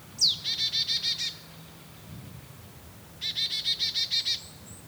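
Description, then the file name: Marsh tit calling twice, separated by about two seconds of quiet: the first a sharp descending high note then a quick run of buzzy, nasal 'dee-dee' notes, the second only the run of buzzy 'dee-dee' notes. "Poecile palustris"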